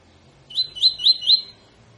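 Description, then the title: Double-collared seedeater phrase of four evenly spaced, sharply rising whistled notes, clear and bright against a quiet background. Tui tui fibra song style, used as a tutor song for training birds. "COLEIRO TUI TUI FIBRA"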